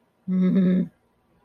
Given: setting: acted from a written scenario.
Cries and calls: vocal sound without words; anger

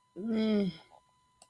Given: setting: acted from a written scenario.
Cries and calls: vocal sound without words; neutral

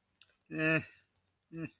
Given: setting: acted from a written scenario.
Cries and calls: vocal sound without words; neutral

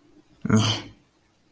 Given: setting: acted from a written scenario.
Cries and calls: vocal sound without words; contempt

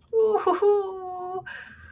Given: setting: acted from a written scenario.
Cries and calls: vocal sound without words; elation

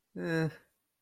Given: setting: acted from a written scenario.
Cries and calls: vocal sound without words; neutral

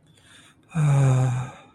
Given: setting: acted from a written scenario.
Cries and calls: vocal sound without words; serenity

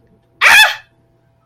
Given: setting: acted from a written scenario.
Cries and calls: vocal sound without words; fear

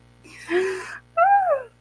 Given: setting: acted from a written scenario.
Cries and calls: vocal sound without words; triumph

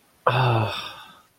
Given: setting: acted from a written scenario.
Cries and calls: vocal sound without words; sadness

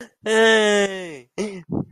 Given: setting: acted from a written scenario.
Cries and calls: vocal sound without words; elation

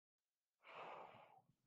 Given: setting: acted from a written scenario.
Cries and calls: vocal sound without words; awe

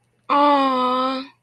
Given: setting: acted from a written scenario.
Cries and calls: vocal sound without words; sympathy

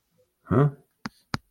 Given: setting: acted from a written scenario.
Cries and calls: vocal sound without words; confusion

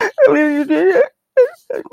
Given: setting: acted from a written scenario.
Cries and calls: vocal sound without words; shame

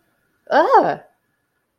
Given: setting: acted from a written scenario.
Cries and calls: vocal sound without words; negative surprise

